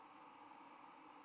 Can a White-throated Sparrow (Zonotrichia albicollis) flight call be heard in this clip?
yes